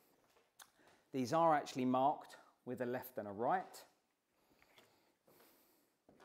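Left and right car seat adapters are handled at the frame of a My Babiie MB200 pushchair while someone talks, with small taps and handling sounds around 0.6 s and 4.6–4.8 s. Nothing has seated or clicked yet; the adapters are not yet home on the pushchair frame.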